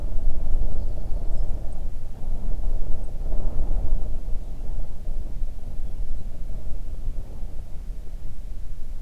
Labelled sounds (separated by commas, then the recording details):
songbird, wind
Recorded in the Arctic National Wildlife Refuge, Alaska, on 3 June 2019 at 04:52
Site 37